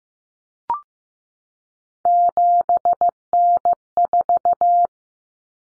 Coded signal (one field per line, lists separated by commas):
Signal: Morse code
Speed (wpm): 15 wpm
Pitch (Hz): 700 Hz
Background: none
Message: 7N4